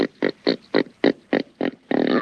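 Pig grunting in a rapid series of short, evenly spaced grunts, ending in a longer, rougher grunt.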